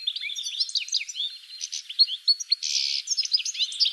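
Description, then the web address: Bird giving a rapid, squeaky chatter of high chirps with a couple of harsh buzzy notes, continuous over four seconds. "cianscape birddata"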